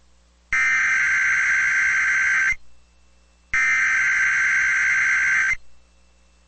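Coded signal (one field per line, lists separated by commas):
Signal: Emergency Alert System (SAME) tones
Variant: header bursts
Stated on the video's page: NOAA Weather Radio tornado watch alert for Texas, Louisiana and Arkansas, including Texarkana.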